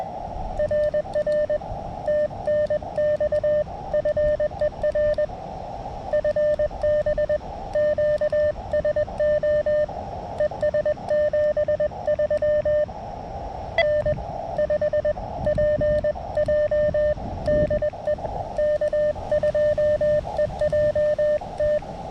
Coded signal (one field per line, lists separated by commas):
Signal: Morse code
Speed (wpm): 20 wpm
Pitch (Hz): 590 Hz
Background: radio noise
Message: RR TNX FER FB QSO ES 73 N5PJ DE K2EJT